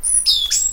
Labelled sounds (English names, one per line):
Stitchbird song